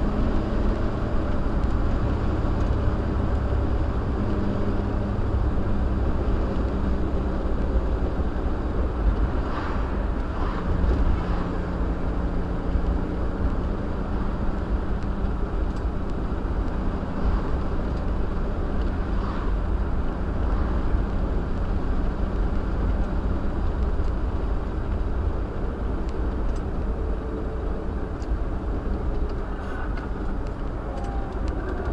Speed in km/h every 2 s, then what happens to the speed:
69, 68, 66, 63, 60, 58, 60, 56, 56, 56, 56, 56, 56, 52, 48, 44.
0-9 slows to 58. 9-24 steady at about 56. 24-32 slows to 44.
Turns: none.